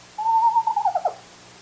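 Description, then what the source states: Eastern Screech-Owl whinny, a steady whistled note that breaks into a quick wavering, descending run at the end, on a quiet background. Whinny, used to defend territory; in eastern woodlands among the first sounds of the night.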